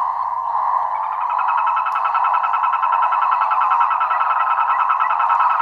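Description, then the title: Frogs and toads in full chorus, a rapid pulsed trill building after the first second over a constant droning background of many callers. Chorus of frogs and toads after spring rain, near San Javier, Córdoba region, Argentina. "Orgie de batraciens, Cordoba (AR)"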